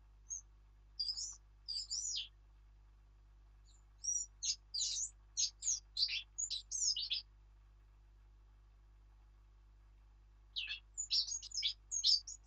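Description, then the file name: Eurasian blackcap song: rapid, scratchy high warbling phrases in three bursts separated by pauses, with a steady low hum underneath. "Sylvia atricapilla"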